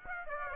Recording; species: mosquito wingbeat signal from an infrared sensor; Aedes aegypti